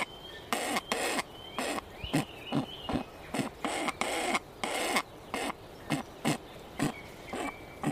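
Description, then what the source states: Weka giving a growling call: rough, noisy pulses repeated about twice a second throughout. Faint calls from other birds sound in the background. Male weka in the Marlborough Sounds, given meat, growls to call his mate or chicks to pass the food on, while other birds call.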